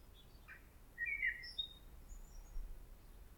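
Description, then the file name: Common blackbird giving a single brief warbled phrase that ends in squeaky high notes, with faint twitters afterwards over a quiet background. "Turdus merula"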